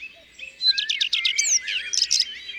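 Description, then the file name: Common redstart song, a quick burst of sharp, evenly repeated high notes followed by a scratchy, varied twitter, with faint low whistled notes behind. "Rougequeue a front blanc ABC des chants doiseaux"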